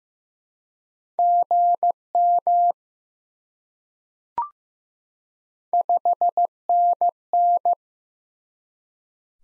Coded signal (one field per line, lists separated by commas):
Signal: Morse code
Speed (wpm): 15 wpm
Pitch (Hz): 700 Hz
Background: none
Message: GM 5NN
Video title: Top 20 QSO Elements 15wpm